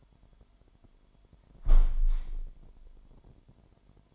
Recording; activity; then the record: daily activity, microphone in the room; close window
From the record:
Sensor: 5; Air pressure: 998.6 hPa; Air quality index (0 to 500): 103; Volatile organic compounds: 2 ppm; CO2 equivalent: 1196 ppm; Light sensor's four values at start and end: 41/100/41/47 and 41/100/41/47